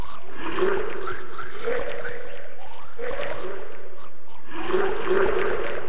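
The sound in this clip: Camel grumbling with repeated rough, breathy snorts.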